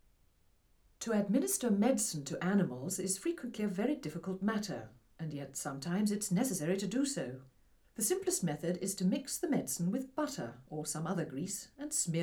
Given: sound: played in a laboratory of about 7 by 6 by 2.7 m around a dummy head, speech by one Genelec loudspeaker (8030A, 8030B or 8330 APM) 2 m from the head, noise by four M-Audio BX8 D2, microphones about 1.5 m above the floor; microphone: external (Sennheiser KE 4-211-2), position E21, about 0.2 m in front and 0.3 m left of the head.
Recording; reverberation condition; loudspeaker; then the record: female speech in English; low; 30 degrees to the left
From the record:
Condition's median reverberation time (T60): about 310 ms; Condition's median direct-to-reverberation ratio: about 3.5 dB